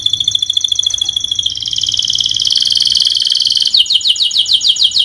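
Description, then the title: Canary song: a rapid trill, then a denser buzzy trill, then slower repeated downslurred notes. Vigorously singing (gacor) canary, praised for the best cengkok song phrasing and the most luxurious isian fill-in notes; Indonesian songbird-keeping (kicaumania) context. "Kenari Gacor Cengkok Terbaik Isian Paling Mewah Kenarigacor Kicaumania Kenari"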